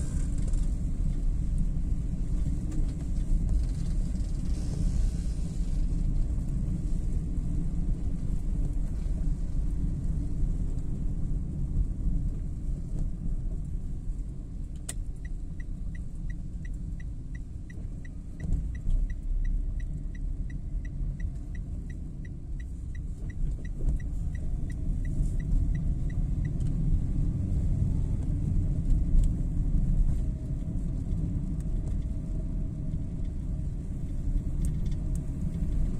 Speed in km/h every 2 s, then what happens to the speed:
43, 43, 44, 40, 38, 29, 24, 23, 23, 27, 23, 20, 30, 34, 38, 38, 37, 39.
0-7 steady at about 43. 7-12 slows to 24. 12-19 steady at about 23. 19-21 brakes to 20. 21-28 speeds up to 38. 28-36 steady at about 38.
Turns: none.